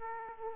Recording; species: mosquito wingbeat signal from an infrared sensor; Aedes aegypti